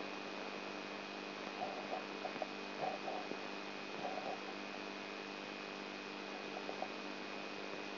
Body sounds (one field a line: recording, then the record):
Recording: brain microelectrode recording played as sound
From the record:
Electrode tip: outside the subthalamic nucleus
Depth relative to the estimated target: 4 mm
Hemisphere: right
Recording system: AlphaMap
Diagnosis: Parkinson's disease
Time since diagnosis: 12 years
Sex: female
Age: 59 years